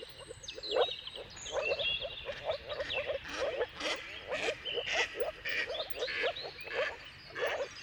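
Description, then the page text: Moor frogs give short bubbling calls in a loose chorus, while varied bird song and chattering notes stand out clearly above. Moor frogs in mating chorus at sunrise, at the turn of March and April depending on the weather. "Jakub-Orzecki moor frogs. Dawn’s Chorus: Mating Calls of Marsh Frogs at Sunrise. Depending on the weather at the turn of March and April, you can witness an amazing spectacle of moor frogs"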